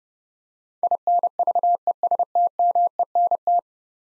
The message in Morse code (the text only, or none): INVESTMENT